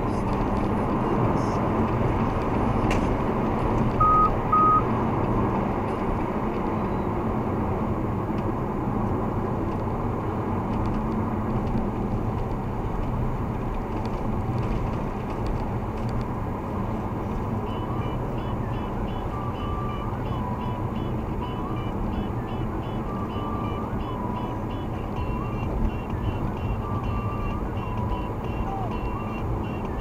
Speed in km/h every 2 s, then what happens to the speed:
114, 114, 110, 99, 88, 82, 79, 76, 78, 78, 77, 74, 74, 73, 72.
0-13 slows to 76. 13-30 steady at about 74.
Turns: none.